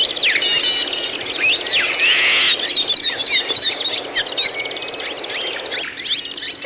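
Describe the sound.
Several birds sing at once, overlapping sharp chirps, fast trills and bright whistled phrases that stay busy throughout, easing off slightly near the end.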